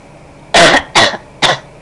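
Three short, harsh coughs from an adult in quick succession.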